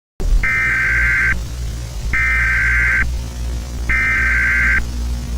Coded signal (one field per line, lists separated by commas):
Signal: Emergency Alert System (SAME) tones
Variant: header bursts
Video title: Friday Night Funkin: The Corruption | A Halloween EAS Scenario